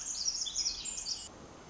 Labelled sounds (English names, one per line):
Pacific Wren